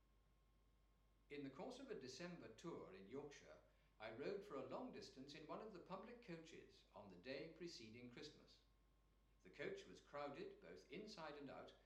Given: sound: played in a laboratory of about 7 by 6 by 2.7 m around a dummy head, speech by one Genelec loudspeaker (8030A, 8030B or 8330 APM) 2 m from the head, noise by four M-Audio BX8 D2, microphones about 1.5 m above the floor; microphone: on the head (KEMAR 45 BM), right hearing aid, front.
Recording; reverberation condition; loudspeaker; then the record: male speech in English; medium; 60 degrees to the right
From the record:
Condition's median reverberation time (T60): about 510 ms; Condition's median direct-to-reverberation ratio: about -0.5 dB